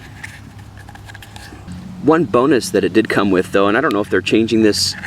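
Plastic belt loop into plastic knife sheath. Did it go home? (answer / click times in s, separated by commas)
yes / 0.2 s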